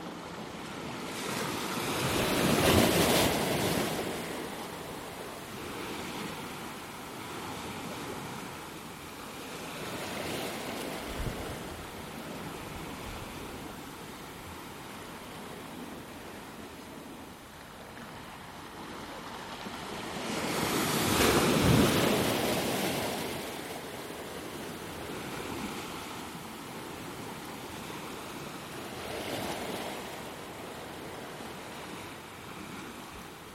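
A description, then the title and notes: Waves wash onto a beach in North East England, with big surges peaking around 3 and 21 seconds and smaller ones near 10 and 29. Between them a steady hiss and rumble of surf continues, with some wind noise underneath. Three rough and ready recordings of waves on beaches in North East England. It was a nice evening for walk.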